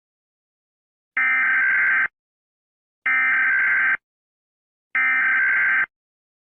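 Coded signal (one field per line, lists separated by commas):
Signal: Emergency Alert System (SAME) tones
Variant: header bursts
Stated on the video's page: Mock EAS alert, fictional, set in a children's cartoon episode.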